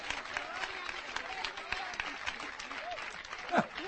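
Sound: audience applauding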